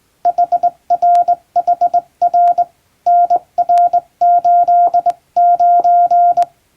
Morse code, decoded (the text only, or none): HRHR NR89